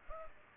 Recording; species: mosquito wingbeat signal from an infrared sensor; Culex pipiens